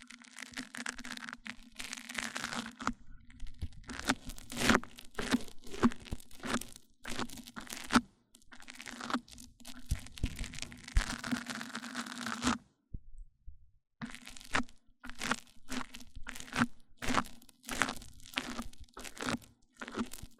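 Mic-on-mic triggers: rapid crackling, scratchy taps and rubbing bursts that come thick and fast, some crisp and some muffled. A steady low hum runs underneath. Around 13 seconds everything drops out briefly before the crackling resumes at a quicker, choppier pace.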